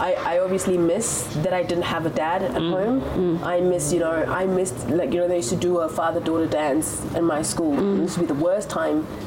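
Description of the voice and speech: An adult woman talks in a relaxed, conversational way, at a natural pace with an even, mid-pitched voice and casual fillers. Her voice is clear and her speech fluent, typical ordinary speech with no sign of a voice or speech disorder.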